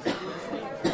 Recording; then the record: coughing mixed with background sound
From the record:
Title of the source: female coughing - coughing sound effects girl